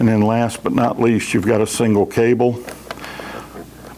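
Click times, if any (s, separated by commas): 2.9 s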